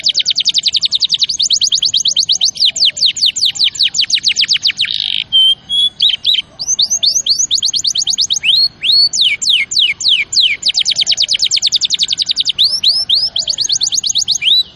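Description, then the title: Canary delivering continuous song: long runs of quick descending trill notes, a short buzz, then looping upslurred whistles and renewed rapid trills throughout. Champion canary song used as a master recording for training other birds. "Masteran Kenari Juara"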